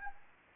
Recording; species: mosquito wingbeat signal from an infrared sensor; Anopheles arabiensis